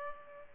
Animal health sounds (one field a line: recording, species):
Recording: mosquito wingbeat signal from an infrared sensor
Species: Culex pipiens